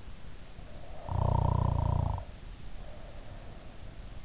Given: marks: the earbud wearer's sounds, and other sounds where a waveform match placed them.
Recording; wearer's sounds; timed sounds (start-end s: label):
sounds in sleep by an in-ear microphone; snoring breath
0.41-4.01 s: snoring breath